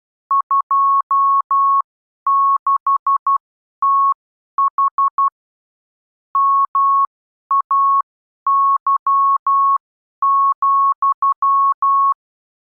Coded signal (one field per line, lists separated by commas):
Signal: Morse code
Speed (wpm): 12 wpm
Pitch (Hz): 1100 Hz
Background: none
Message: 26TH MAY,